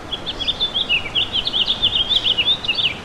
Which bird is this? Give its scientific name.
Haemorhous mexicanus